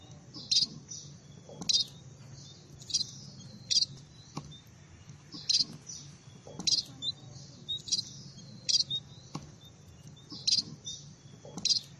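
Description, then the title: Red-throated parrotfinch calls: thin, high chirps repeated several times over a faint low background hum. "Erythrura Psittacea"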